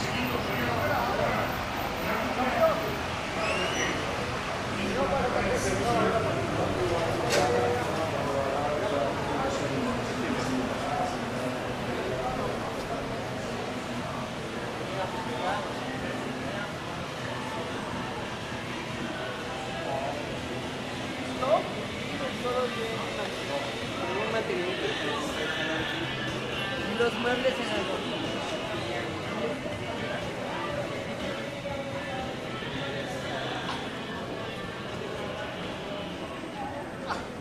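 A walk down 5th Avenue in Playa Del Carmen, with a steady wash of overlapping voices and crowd chatter that never lets up. Footsteps and small clatters surface now and then, and a sharp knock stands out around twenty-one seconds.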